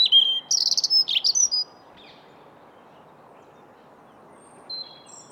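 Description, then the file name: European robin song phrase: a rapid run of high, sweet warbling notes and trills, then near silence with one faint high note later. "Erithacus rubecula"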